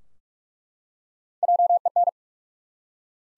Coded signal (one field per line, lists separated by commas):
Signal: Morse code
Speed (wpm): 41 wpm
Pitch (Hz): 700 Hz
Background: none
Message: JEN